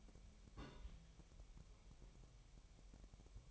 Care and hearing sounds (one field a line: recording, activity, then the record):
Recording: daily activity, microphone in the room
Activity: place on stove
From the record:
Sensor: 1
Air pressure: 1002.0 hPa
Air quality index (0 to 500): 247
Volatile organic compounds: 51 ppm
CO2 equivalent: 3306 ppm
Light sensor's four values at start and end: 6/13/5/6 and 6/13/5/6